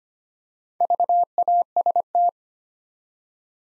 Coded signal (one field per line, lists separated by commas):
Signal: Morse code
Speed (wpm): 25 wpm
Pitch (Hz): 700 Hz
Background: none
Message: VAST